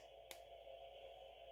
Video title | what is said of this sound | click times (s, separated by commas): Kimber 1911 tear down, oil points, and deep clean!!!! | that one didn't have much of a click but it actually pushes off the tool when you get to that point | 0.3 s